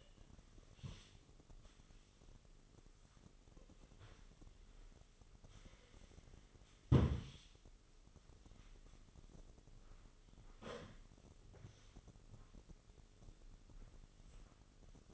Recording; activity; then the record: daily activity, microphone in the room; sweep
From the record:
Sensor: 4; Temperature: 26.8 degrees Celsius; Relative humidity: 28.1%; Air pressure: 996.7 hPa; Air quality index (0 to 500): 87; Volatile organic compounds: 4 ppm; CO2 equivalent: 1684 ppm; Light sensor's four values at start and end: 21/57/22/24 and 21/57/22/24